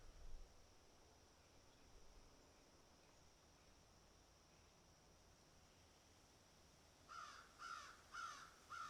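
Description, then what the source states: Crow caws: quiet at first, then a run of four harsh, rhythmic caws close together near the end, with a faint steady high-pitched hiss behind. Crows picking and eating.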